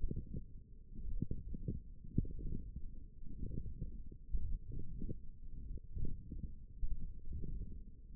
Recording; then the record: forearm muscle sounds (acoustic myography)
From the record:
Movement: wrist flexion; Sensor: system 1, eight BSWA MPA416 microphones around the upper forearm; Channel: 4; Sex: male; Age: 21 years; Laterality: right